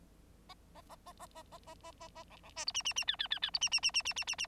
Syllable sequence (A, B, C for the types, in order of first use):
A A A A A A A A A A B B C D E E E F F F F D E E E E E E E E